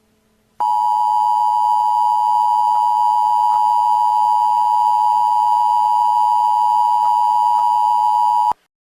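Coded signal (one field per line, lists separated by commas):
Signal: Emergency Alert System (SAME) tones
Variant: 853 and 960 Hz attention tone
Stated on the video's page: Fictional alert based on the Wii game Super Mario Galaxy, using valid EAS tones.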